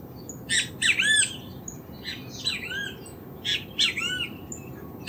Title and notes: Sonido ambiente con canto de Benteveos. Recopilado el 7 de octubre de 2019 en las inmediaciones de la cañada Iyuí (Casavalle, Montevideo - Uruguay) por Alejandro Andrada, para el Proyecto CasavalleDigital